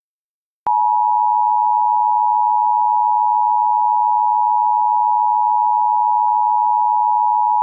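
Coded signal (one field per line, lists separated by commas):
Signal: Emergency Alert System (SAME) tones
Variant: 853 and 960 Hz attention tone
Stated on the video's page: New Jersey Required Monthly Test on WNET (PBS), recorded via stream.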